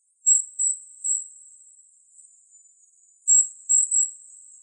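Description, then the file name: Golden-crowned kinglet calls: two quick bursts of three very high, thin, sibilant notes, separated by a pause of about two seconds, with quiet surroundings. Calls, recorded 17 June 2004. "GCKI CALLS 061704. deviche"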